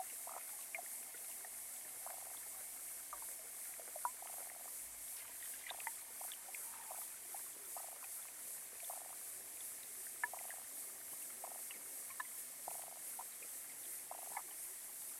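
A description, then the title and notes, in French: Underwater in a small pond, a steady bright hiss carries scattered clicks, pops and short chirps every second or so, with faint low thumps. Petit étang. Enregistrement hydrophonique, Parc Jean-Jacques Rousseau (Ermenonville, France). Sound Devices 722; Aquarian Audio H2a-XLR hydrophones.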